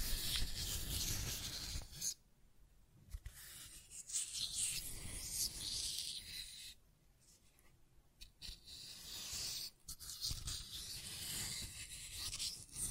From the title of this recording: Scratching and Tracing Sounds